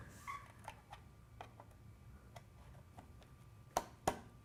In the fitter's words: and it'll snap in place just like that